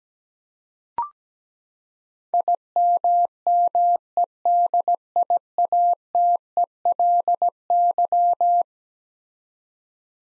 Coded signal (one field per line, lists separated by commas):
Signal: Morse code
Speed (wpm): 17 wpm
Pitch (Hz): 700 Hz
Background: none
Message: IMMEDIATELY